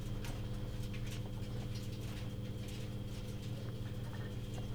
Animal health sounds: poultry house recording; healthy chickens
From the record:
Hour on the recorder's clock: 14

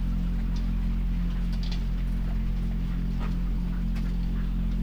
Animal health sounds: poultry house recording; sick chickens (respiratory disease)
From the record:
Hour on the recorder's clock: 1

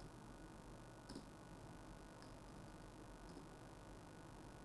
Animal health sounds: poultry house recording; no chicken sound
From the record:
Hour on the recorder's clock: 19

